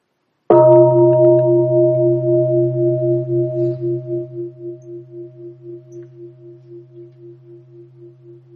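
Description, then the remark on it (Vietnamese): A single meditation bell is invited (struck) once during mindful breathing practice, producing a deep, full tone that rings on alone for several seconds, slowly fading with a gentle wavering pulse in its hum. “Thì sau đó mới thỉnh một tiếng chuông tròn đầy.”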